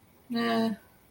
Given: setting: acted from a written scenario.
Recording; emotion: vocal sound without words; neutral